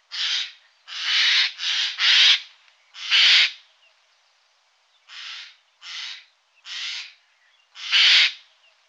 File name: Geai-des-chênes